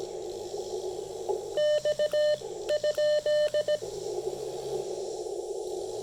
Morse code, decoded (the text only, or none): X ?